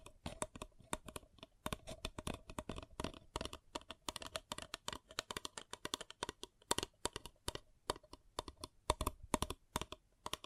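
Quick fingertip taps and crinkly scratches on a paper cup, fired off in a dense, uneven stream for the whole ten seconds. The crisp clicks land several times per second, with a few louder bursts near the middle and end, over a faint steady hum.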